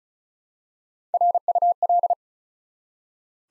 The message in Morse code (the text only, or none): RUL